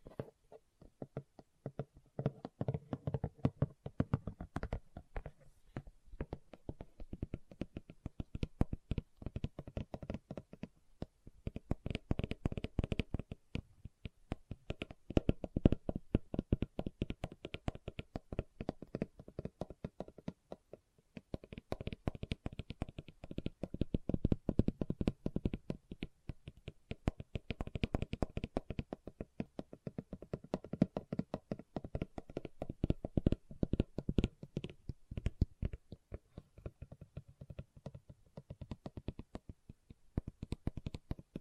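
Leather being tapped and scratched in dense, rapid bursts of dry clicks and rubbing, mostly low and dull with some brighter scraping. The activity runs nearly continuously for about 40 seconds, with brief pauses near 11, 14 and 21 seconds.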